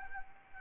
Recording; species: mosquito wingbeat signal from an infrared sensor; Anopheles arabiensis